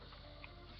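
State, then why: Seated. A child loads a plastic toy foam-dart blaster and pulls the priming handle back until the mechanism catches. A short, sharp plastic click sounds at 0.4 s over a steady low background. The priming slide is seated in the cocked position.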